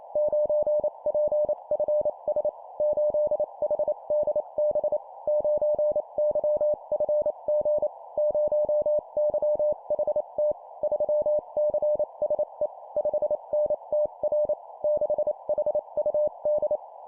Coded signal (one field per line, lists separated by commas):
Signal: Morse code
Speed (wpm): 28 wpm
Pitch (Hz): 600 Hz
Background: none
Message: 9PFS 8HDB 9YFG 0YHT 3CSE 5NTR 6HUD